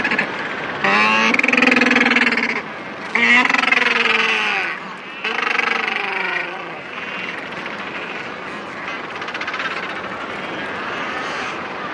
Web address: macaroni penguin